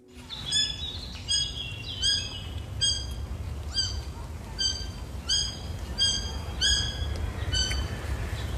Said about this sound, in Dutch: Een reekalfje in de treek bij Woudenberg roept angstig naar zijn moeder die net een beek is overgezwommen. Gaat dit kalfje er wel of niet achteraan?